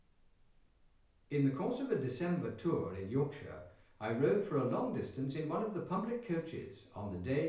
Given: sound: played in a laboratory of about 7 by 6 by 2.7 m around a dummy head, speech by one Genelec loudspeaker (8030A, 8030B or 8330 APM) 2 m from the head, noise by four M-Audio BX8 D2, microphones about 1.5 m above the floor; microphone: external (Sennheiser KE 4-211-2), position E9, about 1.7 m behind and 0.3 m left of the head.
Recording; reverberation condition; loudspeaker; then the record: male speech in English; medium; 60 degrees to the right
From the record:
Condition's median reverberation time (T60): about 510 ms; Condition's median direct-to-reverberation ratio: about -0.5 dB